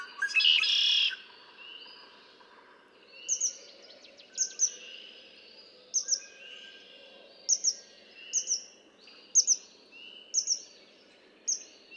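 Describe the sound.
Red-winged blackbird opening with a harsh, buzzy trill, followed by a steady run of short paired chips and faint background twitters.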